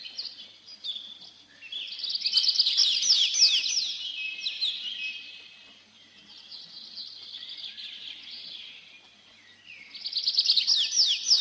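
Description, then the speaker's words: Tree Pipit song of high, rapid twittering phrases that swell, fade, then return loudly at the end. Sung over forest edges and overgrown clearings; twittering first part begins perched in a tree and continues while flying up, second part sung while gliding down to a neighbouring treetop. "Песня лесного конька слышна над лесными опушками и зарастающими сечами."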